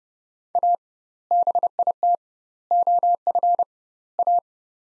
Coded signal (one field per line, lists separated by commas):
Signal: Morse code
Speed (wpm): 30 wpm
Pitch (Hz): 700 Hz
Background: none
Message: A BIT OF A